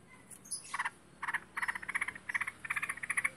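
Bird chattering in short bursts of rapid, harsh buzzy notes, the bursts growing longer and more continuous toward the end, over a quiet hiss.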